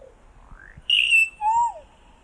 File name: Solitary cacique